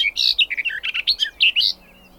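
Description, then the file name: Garden warbler, a brief burst of song: quick mellow warbling notes tumbling in a short run, ending abruptly. "kerti poszata hangja"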